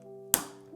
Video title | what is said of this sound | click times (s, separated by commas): Cole's Titan Dragon Mech Is A Disappointment... (71821 LEGO Ninjago) | Listen for the click. | 0.3 s